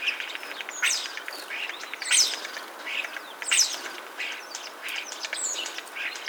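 Common starling song, a jumble of harsh, scratchy notes and whistles, delivered in uneven bursts with a steady hiss of background noise.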